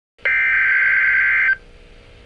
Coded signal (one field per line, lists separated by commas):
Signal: Emergency Alert System (SAME) tones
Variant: header bursts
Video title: Flood Watch (EAS #2)